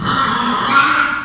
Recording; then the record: squeal of a Yucatan mini pig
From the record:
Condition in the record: after surgery on the right vocal fold (resection and tissue-engineered implant); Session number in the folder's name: 15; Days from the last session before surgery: 175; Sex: female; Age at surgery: 19 weeks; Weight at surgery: 25 kg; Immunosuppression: prednisolone